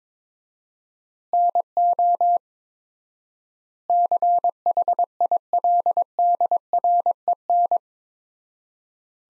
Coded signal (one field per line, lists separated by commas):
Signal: Morse code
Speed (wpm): 22 wpm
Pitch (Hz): 700 Hz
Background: none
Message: NO CHILDREN